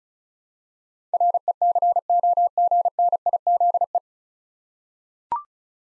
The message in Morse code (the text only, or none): RECOGNIZE